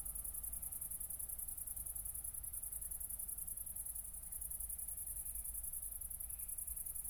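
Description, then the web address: Cricket trilling almost without pause in rapid high pulses, with a steady low rumble in the background. Recorded at night, around 00:53, on 4 August 2014 at Nordring, Kirchmöser, Brandenburg, Germany. "aporee City Country Me Brandenburg Kirchmoeser Nordring Grillen 201408040053 OLBIN"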